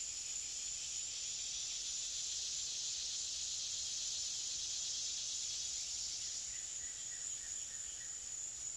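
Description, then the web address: Cicada call: a steady, high, hissing drone that continues unbroken throughout, with a few faint chirps near the end. "цикады"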